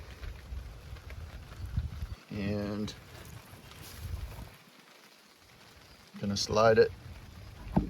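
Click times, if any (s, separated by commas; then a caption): none. A plastic fuel filler door housing for a Chevy Silverado is lined up and overlapped with the opening in the pickup truck's body panel before being slid in, with faint handling taps around 1.1 s and 3.7 s over a low background rumble. Someone talks between the handling sounds. Nothing has seated or clicked yet.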